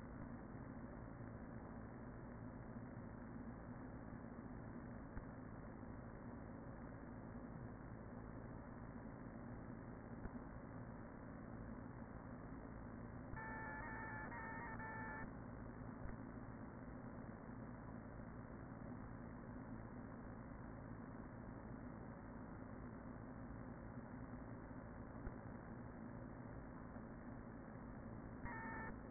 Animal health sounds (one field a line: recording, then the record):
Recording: honeybee colony, microphone inside the hive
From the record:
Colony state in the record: queen present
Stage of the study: after two queens were removed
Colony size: about 40,000 bees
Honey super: no